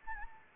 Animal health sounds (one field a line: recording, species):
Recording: mosquito wingbeat signal from an infrared sensor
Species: Anopheles arabiensis